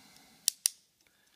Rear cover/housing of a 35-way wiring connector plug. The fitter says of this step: push it click